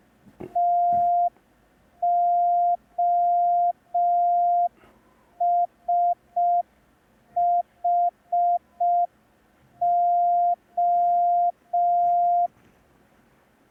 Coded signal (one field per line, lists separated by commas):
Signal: Morse code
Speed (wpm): 5 wpm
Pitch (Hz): 700 Hz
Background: none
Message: TOSHO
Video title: Learn Morse Code in 10 Days (Day 1) – ASOC Tutorials India